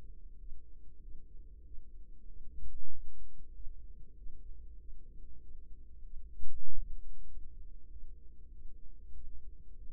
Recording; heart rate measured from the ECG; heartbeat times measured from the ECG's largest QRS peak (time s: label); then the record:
heart sounds by microphone in the right ear; 96 bpm
0.36 s: heartbeat
0.99 s: heartbeat
1.62 s: heartbeat
2.24 s: heartbeat
2.88 s: heartbeat
3.51 s: heartbeat
4.14 s: heartbeat
4.76 s: heartbeat
5.39 s: heartbeat
6.01 s: heartbeat
6.63 s: heartbeat
7.25 s: heartbeat
7.87 s: heartbeat
8.49 s: heartbeat
9.11 s: heartbeat
9.74 s: heartbeat
From the record:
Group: healthy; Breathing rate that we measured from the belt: 20 breaths a minute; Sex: female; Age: 32 years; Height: 172 cm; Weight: 71.7 kg